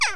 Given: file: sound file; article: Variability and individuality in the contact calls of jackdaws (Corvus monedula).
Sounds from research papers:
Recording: jackdaw call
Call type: harmonic

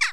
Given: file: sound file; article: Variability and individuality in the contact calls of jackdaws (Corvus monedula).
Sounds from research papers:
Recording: jackdaw call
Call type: harmonic

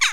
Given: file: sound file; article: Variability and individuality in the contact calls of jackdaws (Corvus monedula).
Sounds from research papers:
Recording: jackdaw call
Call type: harmonic

